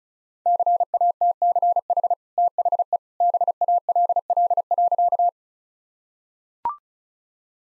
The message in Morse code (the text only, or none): CATCH THE BALL.